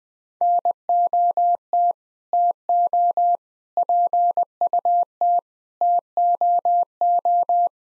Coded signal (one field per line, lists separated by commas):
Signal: Morse code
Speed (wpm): 20 wpm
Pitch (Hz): 700 Hz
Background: none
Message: NOT TO PUT TOO